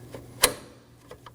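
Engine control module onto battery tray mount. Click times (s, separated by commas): 0.4 s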